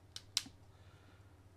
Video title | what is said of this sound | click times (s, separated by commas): TechtalkRadio 03/10/2012 | all snapped in there we go | 0.2 s, 0.4 s